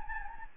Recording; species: mosquito wingbeat signal from an infrared sensor; Anopheles gambiae